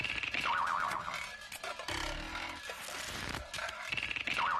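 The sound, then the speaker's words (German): A homemade perpetual motion machine, built in office room 1245, runs with a steady clattering whir, wobbly springy boing tones warbling at the start and end, and a low rumbling thump near the middle. No one speaks. “Nein, Herr Panik, das ist keine Kaffeemaschine, die Sie da hören. Das ist...”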